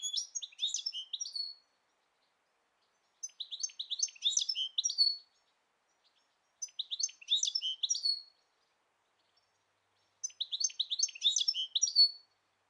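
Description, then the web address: Bird repeats four similar twittering phrases of high, jumbled chirps and whistles, each under two seconds long, with short pauses between. "Deverinetal"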